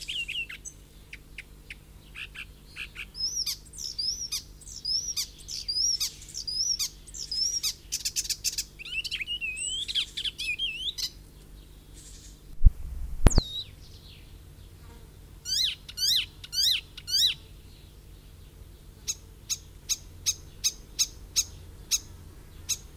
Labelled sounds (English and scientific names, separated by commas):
Icterine Warbler (Hippolais icterina) song